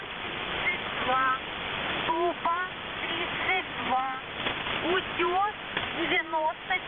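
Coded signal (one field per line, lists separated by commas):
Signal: coded military voice message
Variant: Squeaky Wheel, Russian voice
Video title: The Squeaky Wheel | 20th August 2023 | "Dlya" Voice Message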